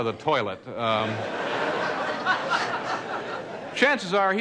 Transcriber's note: laughter